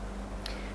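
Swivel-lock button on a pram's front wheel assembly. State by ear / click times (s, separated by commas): seated / 0.5 s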